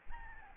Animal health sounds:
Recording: mosquito wingbeat signal from an infrared sensor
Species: Anopheles gambiae

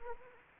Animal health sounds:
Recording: mosquito wingbeat signal from an infrared sensor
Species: Anopheles arabiensis

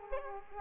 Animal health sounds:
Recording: mosquito wingbeat signal from an infrared sensor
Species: Culex quinquefasciatus

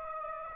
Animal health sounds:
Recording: mosquito wingbeat signal from an infrared sensor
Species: Aedes aegypti

